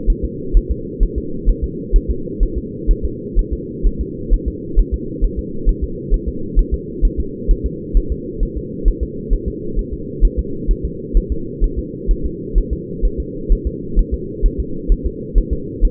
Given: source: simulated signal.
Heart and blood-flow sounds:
fetal heart sounds
0.10 s: S1
0.25 s: S2
0.57 s: S1
0.71 s: S2
1.03 s: S1
1.18 s: S2
1.50 s: S1
1.64 s: S2
1.96 s: S1
2.10 s: S2
2.43 s: S1
2.58 s: S2
2.91 s: S1
3.05 s: S2
3.39 s: S1
3.53 s: S2
3.87 s: S1
4.01 s: S2
4.33 s: S1
4.48 s: S2
4.79 s: S1
4.94 s: S2
5.24 s: S1
5.39 s: S2
5.69 s: S1
5.84 s: S2
6.14 s: S1
6.28 s: S2
6.59 s: S1
6.74 s: S2
7.05 s: S1
7.20 s: S2
7.51 s: S1
7.66 s: S2
7.97 s: S1
8.12 s: S2
8.43 s: S1
8.57 s: S2
8.88 s: S1
9.03 s: S2
9.33 s: S1
9.48 s: S2
9.79 s: S1
9.93 s: S2
10.25 s: S1
10.39 s: S2
10.71 s: S1
10.85 s: S2
11.17 s: S1
11.32 s: S2
11.64 s: S1
11.79 s: S2
12.11 s: S1
12.26 s: S2
12.58 s: S1
12.73 s: S2
13.05 s: S1
13.20 s: S2
13.52 s: S1
13.67 s: S2
13.99 s: S1
14.14 s: S2
14.46 s: S1
14.60 s: S2
14.92 s: S1
15.06 s: S2
15.38 s: S1
15.53 s: S2
15.85 s: S1
From the record:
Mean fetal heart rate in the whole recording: 130 bpm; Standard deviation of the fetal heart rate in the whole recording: 4 bpm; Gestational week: 38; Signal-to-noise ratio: -4.3 dB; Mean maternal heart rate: 72 bpm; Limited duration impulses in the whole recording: present

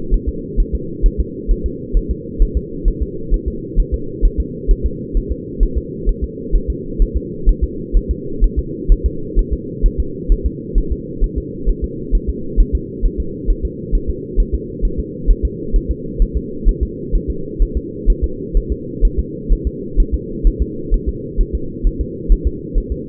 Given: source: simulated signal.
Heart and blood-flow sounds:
fetal heart sounds
0.14 s: S1
0.29 s: S2
0.60 s: S1
0.75 s: S2
1.06 s: S1
1.20 s: S2
1.51 s: S1
1.66 s: S2
1.97 s: S1
2.11 s: S2
2.42 s: S1
2.57 s: S2
2.88 s: S1
3.03 s: S2
3.34 s: S1
3.48 s: S2
3.80 s: S1
3.94 s: S2
4.25 s: S1
4.40 s: S2
4.71 s: S1
4.86 s: S2
5.17 s: S1
5.32 s: S2
5.63 s: S1
5.78 s: S2
6.09 s: S1
6.24 s: S2
6.56 s: S1
6.70 s: S2
7.02 s: S1
7.17 s: S2
7.49 s: S1
7.64 s: S2
7.97 s: S1
8.11 s: S2
8.44 s: S1
8.59 s: S2
8.92 s: S1
9.06 s: S2
9.39 s: S1
9.53 s: S2
9.86 s: S1
10.00 s: S2
10.32 s: S1
10.46 s: S2
10.78 s: S1
10.92 s: S2
11.24 s: S1
11.38 s: S2
11.69 s: S1
11.84 s: S2
12.15 s: S1
12.29 s: S2
12.60 s: S1
12.75 s: S2
13.06 s: S1
13.20 s: S2
13.50 s: S1
13.65 s: S2
13.95 s: S1
14.10 s: S2
14.40 s: S1
14.55 s: S2
14.85 s: S1
15.00 s: S2
15.31 s: S1
15.45 s: S2
15.76 s: S1
15.91 s: S2
16.22 s: S1
16.37 s: S2
16.69 s: S1
16.83 s: S2
17.15 s: S1
17.30 s: S2
17.62 s: S1
17.77 s: S2
18.10 s: S1
18.24 s: S2
18.57 s: S1
18.72 s: S2
19.05 s: S1
19.19 s: S2
19.53 s: S1
19.67 s: S2
20.00 s: S1
20.14 s: S2
20.47 s: S1
20.62 s: S2
20.94 s: S1
21.09 s: S2
21.41 s: S1
21.55 s: S2
21.87 s: S1
22.01 s: S2
22.32 s: S1
22.47 s: S2
22.78 s: S1
22.92 s: S2
From the record:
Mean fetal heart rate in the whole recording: 130 bpm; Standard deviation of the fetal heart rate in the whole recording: 2 bpm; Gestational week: 38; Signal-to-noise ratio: -4.3 dB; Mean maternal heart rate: 72 bpm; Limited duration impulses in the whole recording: absent

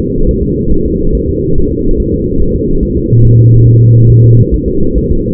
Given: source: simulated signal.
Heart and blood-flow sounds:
fetal heart sounds
0.00 s: S2
0.29 s: S1
0.43 s: S2
0.72 s: S1
0.86 s: S2
1.15 s: S1
1.29 s: S2
1.58 s: S1
1.72 s: S2
2.00 s: S1
2.14 s: S2
2.41 s: S1
2.56 s: S2
2.83 s: S1
2.97 s: S2
3.25 s: S1
3.39 s: S2
3.67 s: S1
3.81 s: S2
4.10 s: S1
4.24 s: S2
4.54 s: S1
4.68 s: S2
4.97 s: S1
5.12 s: S2
From the record:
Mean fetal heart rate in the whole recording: 140 bpm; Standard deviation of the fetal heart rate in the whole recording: 2 bpm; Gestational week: 34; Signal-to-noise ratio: -17.7 dB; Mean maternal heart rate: 72 bpm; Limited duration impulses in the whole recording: present

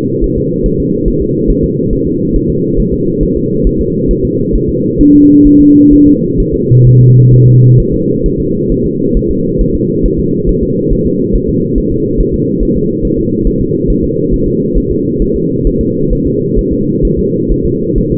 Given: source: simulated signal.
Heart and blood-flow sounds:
fetal heart sounds
0.24 s: S1
0.38 s: S2
0.66 s: S1
0.80 s: S2
1.08 s: S1
1.22 s: S2
1.50 s: S1
1.64 s: S2
1.93 s: S1
2.07 s: S2
2.36 s: S1
2.50 s: S2
2.80 s: S1
2.94 s: S2
3.23 s: S1
3.37 s: S2
3.67 s: S1
3.81 s: S2
4.11 s: S1
4.25 s: S2
4.55 s: S1
4.69 s: S2
5.01 s: S1
5.15 s: S2
5.47 s: S1
5.61 s: S2
5.93 s: S1
6.07 s: S2
6.40 s: S1
6.54 s: S2
6.87 s: S1
7.01 s: S2
7.34 s: S1
7.48 s: S2
7.80 s: S1
7.94 s: S2
8.26 s: S1
8.40 s: S2
8.72 s: S1
8.86 s: S2
9.17 s: S1
9.31 s: S2
9.61 s: S1
9.75 s: S2
10.06 s: S1
10.19 s: S2
10.49 s: S1
10.63 s: S2
10.93 s: S1
11.06 s: S2
11.36 s: S1
11.49 s: S2
11.78 s: S1
11.92 s: S2
12.20 s: S1
12.34 s: S2
12.63 s: S1
12.77 s: S2
13.05 s: S1
13.19 s: S2
13.47 s: S1
13.61 s: S2
13.90 s: S1
14.04 s: S2
14.34 s: S1
14.48 s: S2
14.78 s: S1
14.92 s: S2
15.22 s: S1
15.36 s: S2
15.67 s: S1
15.81 s: S2
16.13 s: S1
16.27 s: S2
16.59 s: S1
16.73 s: S2
17.05 s: S1
17.19 s: S2
17.52 s: S1
17.65 s: S2
17.98 s: S1
18.12 s: S2
From the record:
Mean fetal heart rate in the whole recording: 135 bpm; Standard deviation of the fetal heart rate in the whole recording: 3 bpm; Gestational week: 36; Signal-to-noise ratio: -11.2 dB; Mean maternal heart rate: 72 bpm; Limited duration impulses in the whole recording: present

